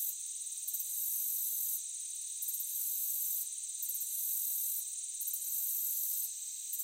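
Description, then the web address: Crickets trilling in a steady high chorus, with repeated louder pulsed bursts. Meadow ambience with crickets. "Blastwave AMBIENCE Meadow Crickets"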